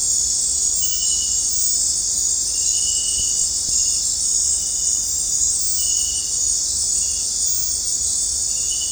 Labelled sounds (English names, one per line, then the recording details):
none
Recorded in dense forest near Puerto Asís, Putumayo, Colombia, on 20 December 2024 at 19:00
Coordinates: 0.466, -76.327
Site G075